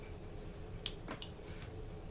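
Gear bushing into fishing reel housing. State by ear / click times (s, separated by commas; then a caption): seated / 0.9 s, 1.2 s. Bushings for the main gear of a Daiwa AG80X spincast fishing reel are pressed back into the housing, one on each side. Two sharp clicks sound at 0.9 s and 1.2 s over a quiet background as they snap into place fully down, and the bushings are seated.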